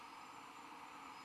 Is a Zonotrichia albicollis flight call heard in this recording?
no